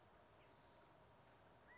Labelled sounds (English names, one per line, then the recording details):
California Quail
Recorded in Sonoma County, California